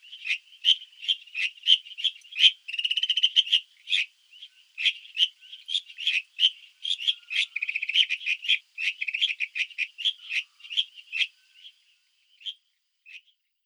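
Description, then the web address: Tree frog calls: sharp clicking croaks repeated rapidly in uneven bursts, with a fast rattling pulse train near the start. Recorded in Taiwan. "Tree frog of Taiwan"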